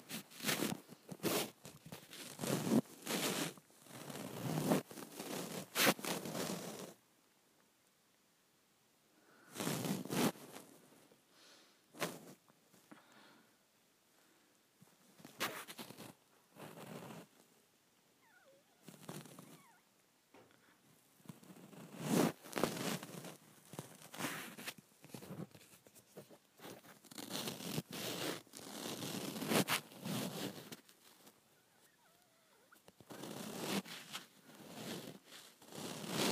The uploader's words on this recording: ASMR Getting Lotion out of the Bottom of the Bottle.